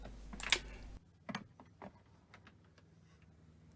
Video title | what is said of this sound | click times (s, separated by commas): Dyson DC33 Cleaning Filters for Maximum Suction | just line this up in the middle and then click | 0.5 s